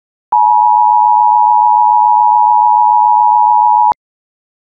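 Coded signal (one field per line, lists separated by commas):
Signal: Emergency Alert System (SAME) tones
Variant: 853 and 960 Hz attention tone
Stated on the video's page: Fictional Emergency Alert System scenario made as a prank, not a real broadcast.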